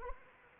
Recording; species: mosquito wingbeat signal from an infrared sensor; Anopheles arabiensis